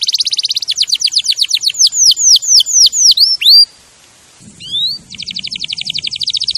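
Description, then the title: Canary song: rapid buzzy trills of repeated notes, then a run of loud descending whistled slurs, a brief pause, a rising note, and another fast trill. Canary champion song used as a master recording for training other birds. "Masteran Kenari Juara"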